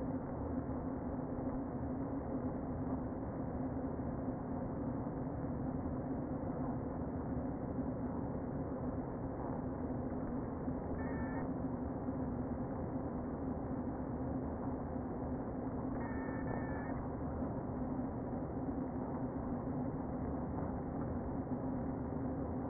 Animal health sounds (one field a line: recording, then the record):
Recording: honeybee colony, microphone inside the hive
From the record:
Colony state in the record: queen present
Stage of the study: before two queens were removed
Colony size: about 60,000 bees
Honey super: yes